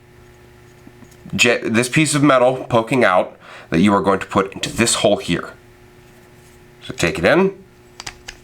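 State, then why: Seated. During reassembly of a Girsan Hi-Power pistol, the slide stop's pin is lined up with its hole and its protruding metal piece is pushed into a hole in the frame. Someone talks for most of the clip, then sharp clicks sound near the end, the main one at 8.1 s as the piece clicks in and seats.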